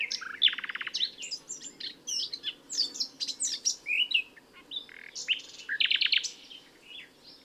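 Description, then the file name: Common nightingale singing a rich, varied stream of whistles, chirps and harsh rattles, with fast repeated notes at the start and near the end. "Luscinia megarhynchos"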